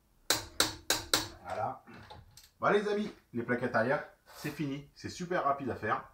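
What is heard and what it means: A torque wrench set to 12 kg tightens the wheel nuts on a car's refitted rear wheel after a rear brake pad change, with the car lowered back down. The wrench clicks sharply at its setting at 0.3, 0.6, 0.9 and 1.1 seconds, once per nut, and then someone talks.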